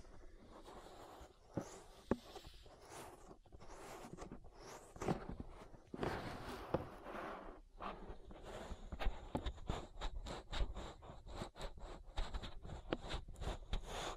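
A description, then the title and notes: An ear massage of rubbing and brushing strokes in the first half, then quick tapping scratches from about eight seconds on, with sharp clicks. ASMR Relaxing Ear Massage.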